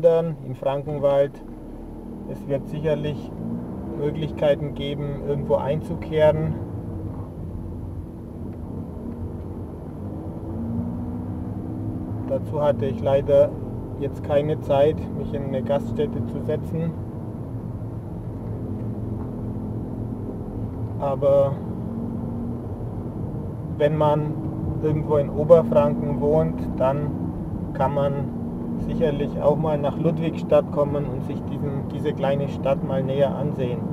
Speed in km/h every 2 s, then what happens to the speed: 0, 15, 21, 17, 21, 24, 26, 28, 25, 25, 28, 31, 37, 38, 41, 41, 43.
0-4 pulls away to 21. 7-13 speeds up to 28. 13-18 steady at about 25. 18-34 speeds up to 43.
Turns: none.